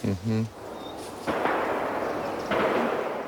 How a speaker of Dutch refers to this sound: Ja, veel geweerschoten hoort u.